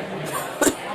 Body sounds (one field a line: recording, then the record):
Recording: coughing mixed with background sound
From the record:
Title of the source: 30 Chesty and wet cough